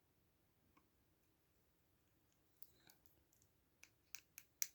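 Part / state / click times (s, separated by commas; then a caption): plastic miniature part into its mating miniature part / seated / 4.6 s. Two plastic pieces of a push-fit miniature kit are pressed together, one plastic miniature part into its mating part. A few faint ticks and light clicks lead up to a louder series of sharp snaps. The final, loudest snap at 4.6 s marks the parts seating together.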